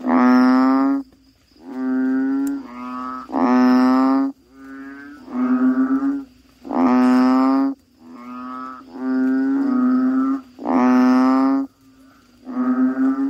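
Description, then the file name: Frog chorus: many overlapping, moaning, bleating notes of similar pitch, each about a second long, following one another with short gaps above a continuous hum. "suara kodok bangkong"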